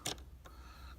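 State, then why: Seated. A Fiat X19 instrument-cluster dash light bulb socket is inserted with its tabs lined up and given a quarter turn until it locks into the gauge cluster housing. A sharp short tick is heard at 0.1 s as it turns home, followed by fainter ticks and a steady low hum. The socket is seated and locked in place.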